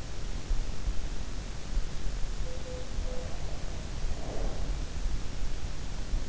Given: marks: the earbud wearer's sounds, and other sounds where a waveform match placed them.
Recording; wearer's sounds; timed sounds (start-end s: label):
sounds in sleep by an in-ear microphone; breath
2.45-4.80 s: sound from someone else or the room
2.90-4.80 s: breath